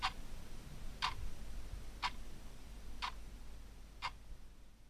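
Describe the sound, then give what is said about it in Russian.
A pendulum wall clock ticks steadily in a village hut at night, five crisp, even ticks spaced about a second apart, over a soft low rumble with no voices. “загасил лампу и, немного повертевшись, быстро уснул под мерно тикающие ходики.”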